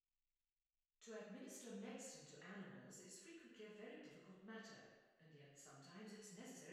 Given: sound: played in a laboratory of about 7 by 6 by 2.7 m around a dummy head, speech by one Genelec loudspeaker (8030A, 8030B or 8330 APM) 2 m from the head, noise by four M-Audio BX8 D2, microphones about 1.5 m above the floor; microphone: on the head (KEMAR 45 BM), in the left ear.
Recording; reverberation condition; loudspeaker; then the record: female speech in English; high; 90 degrees to the right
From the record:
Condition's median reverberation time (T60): about 1300 ms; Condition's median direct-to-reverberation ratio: about -4.0 dB